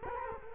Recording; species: mosquito wingbeat signal from an infrared sensor; Culex quinquefasciatus